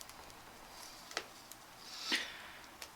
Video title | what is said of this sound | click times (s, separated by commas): JW608 builds his first Gundam/Gunpla | I don't think that's snapped but it's in there yeah that's in there all right so | none